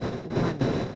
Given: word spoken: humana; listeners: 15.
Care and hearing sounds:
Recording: one Spanish word in noise, from a listening test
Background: noise modulated by one talker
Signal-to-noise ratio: -8.4 dB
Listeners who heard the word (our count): 1 of 15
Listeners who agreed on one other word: 7 of 15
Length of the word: 0.55 s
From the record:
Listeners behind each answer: 7, 1, 1, 1, 1, 1, 1, 1, 1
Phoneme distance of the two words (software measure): 10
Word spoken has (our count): 3 syllables, 5 phonemes, stress on syllable 2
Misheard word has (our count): 3 syllables, 5 phonemes, stress on syllable 2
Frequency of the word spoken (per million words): 99.02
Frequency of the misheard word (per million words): 115.24

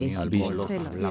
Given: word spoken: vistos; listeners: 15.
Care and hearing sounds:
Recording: one Spanish word in noise, from a listening test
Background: four-talker babble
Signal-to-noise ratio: -0.9 dB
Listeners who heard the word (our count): 0 of 15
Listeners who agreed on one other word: 6 of 15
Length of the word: 0.71 s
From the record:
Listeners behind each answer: 6, 2, 2, 1, 1, 1, 1, 1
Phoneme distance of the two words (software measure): 7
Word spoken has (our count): 2 syllables, 6 phonemes, stress on syllable 1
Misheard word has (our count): 2 syllables, 5 phonemes, stress on syllable 1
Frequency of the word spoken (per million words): 7.03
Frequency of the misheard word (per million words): 181.41

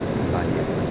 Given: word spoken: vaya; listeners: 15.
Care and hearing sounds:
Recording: one Spanish word in noise, from a listening test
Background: speech-shaped noise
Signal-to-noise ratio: -5.2 dB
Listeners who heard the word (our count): 2 of 15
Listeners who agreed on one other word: 7 of 15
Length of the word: 0.51 s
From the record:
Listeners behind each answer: 7, 3, 2, 1, 1, 1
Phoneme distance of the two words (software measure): 24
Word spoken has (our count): 2 syllables, 4 phonemes, stress on syllable 1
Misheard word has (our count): 2 syllables, 4 phonemes, stress on syllable 1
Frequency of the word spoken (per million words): 63.29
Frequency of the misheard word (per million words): 44.64

